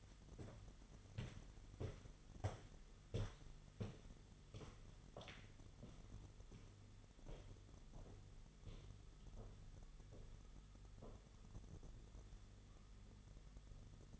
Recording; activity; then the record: daily activity, microphone in the room; walk to room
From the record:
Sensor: 4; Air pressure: 989.0 hPa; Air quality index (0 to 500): 202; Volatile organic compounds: 48 ppm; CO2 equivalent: 3273 ppm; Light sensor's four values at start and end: 29/98/36/38 and 29/99/37/39